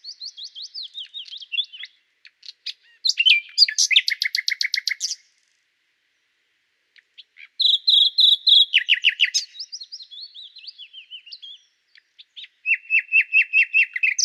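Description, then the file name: Common nightingale song in separate phrases: soft repeated notes, a fast loud trill, a silence of about two seconds, a strong rapid series, then a rattling run at the end. "Luscinia megarhynchos"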